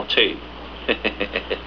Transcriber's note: laughs